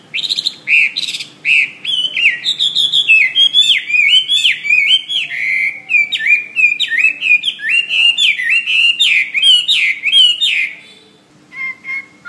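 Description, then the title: Bird song of continuous rapid whistled notes, each sharply slurred down, running for about ten seconds before a brief pause and a few soft notes. "SuaraBurung Kicau"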